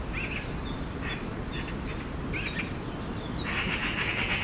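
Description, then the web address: Eurasian magpie chattering: a harsh, rapid rattle builds over the last second, with faint short chirps and squeaky notes scattered earlier. "pub SETE data Pica pica"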